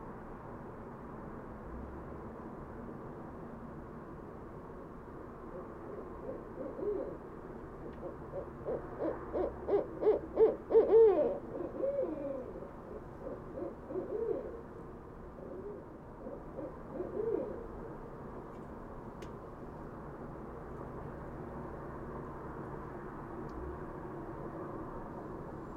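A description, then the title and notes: Barred owls hoot in a rising, rhythmic series peaking around ten seconds, with later calls near fourteen and seventeen seconds over a steady low rumble. Barred Owls. Recorded shortly before 11:30pm April 20, 2016 in west Dyke Marsh with Fostex FR2, Sennheiser ME62, Telinga Parabola. About 25 hours short of a Full Moon, mainly clear skies, 56 degrees.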